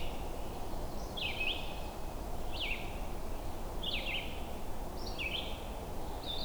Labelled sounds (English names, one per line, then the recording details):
Red-eyed Vireo song
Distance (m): 35 m
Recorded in boreal forest in Alberta, Canada, on 21 June 2016 at 07:37
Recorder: SongMeter 3, array SBT-6-76
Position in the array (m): 180 m, 88 m